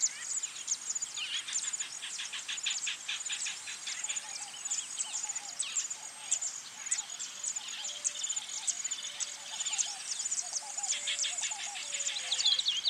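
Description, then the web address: Birds singing together, many high chirps and fast twittering bursts, with occasional soft low notes in the background. Birds singing in a bird park. "zvuk peniya ptits v parke ptits eschyo park ptits"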